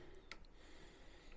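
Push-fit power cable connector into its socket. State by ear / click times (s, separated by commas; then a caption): seated / 0.3 s. The first push-fit power cable connector on a backup power setup is pushed into its socket, giving a sharp click at 0.3 s and a fainter tick just after. The connector is seated.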